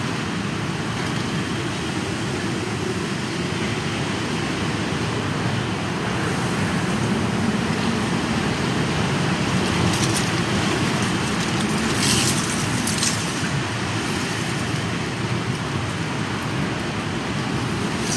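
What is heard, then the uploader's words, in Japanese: Strong wind at the start of the rainy season roars in a dense, steady low rumble for the whole stretch, its level hardly changing. Brief brighter hissing bursts cut through around ten seconds and again near twelve to thirteen seconds. とある梅雨入りの強風。風のものすごく強い日がありましたね。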